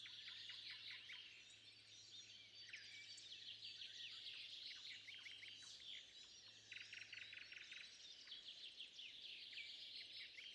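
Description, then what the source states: Birds calling together in a dense chorus of high chirps, twitters and rapid trills overlapping throughout, with a steady low hum underneath. At sunrise.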